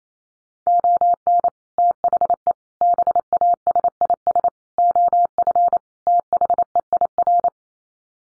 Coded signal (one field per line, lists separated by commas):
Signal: Morse code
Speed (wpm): 28 wpm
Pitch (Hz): 700 Hz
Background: none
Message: ON THE BASIS OF THEIR